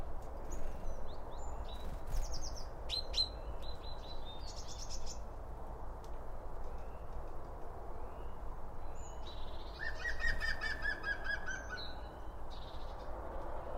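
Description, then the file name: Birds twittering with scattered high chirps and sharp notes, then a buzzy, fast-pulsed trill near the end, over a low rumble. Birds around a bird feeder, recorded with two Line Audio OM 1 microphones. "Birds Around Birdfeeding With Two Om 1 From Line Audio"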